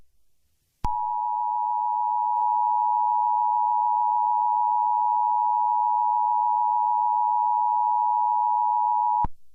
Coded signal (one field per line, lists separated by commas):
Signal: Emergency Alert System (SAME) tones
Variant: 853 and 960 Hz attention tone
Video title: Eas mock tornado warning to require weekly test￼￼